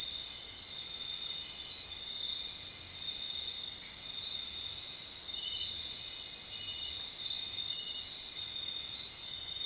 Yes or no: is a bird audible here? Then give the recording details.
no. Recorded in secondary vegetation near Puerto Asís, Putumayo, Colombia, on 29 June 2025 at 20:30. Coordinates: 0.499, -76.323. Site G077